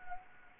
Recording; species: mosquito wingbeat signal from an infrared sensor; Anopheles gambiae